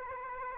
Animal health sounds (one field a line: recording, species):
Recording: mosquito wingbeat signal from an infrared sensor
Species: Aedes aegypti